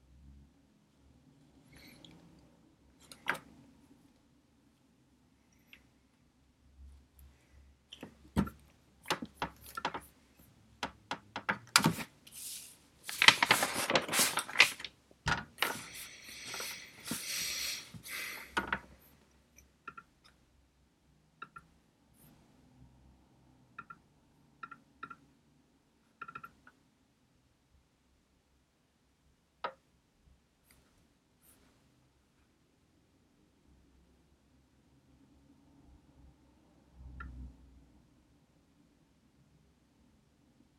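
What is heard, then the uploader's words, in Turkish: Studying with a pencil and computer: scattered clicks and taps of keyboard and mouse come and go, with a dense burst of rapid scratchy pencil writing around 13 to 19 seconds. A low, steady hum sits underneath, with quiet gaps between the sparse sounds. Sessiz odada 30 dakika boyunca kurşun kalem ve bilgisayar ile ders çalışma; ortam sesleri, beyaz gürültü alt yapısı, kurşun kalem, klavye, mouse sesleri.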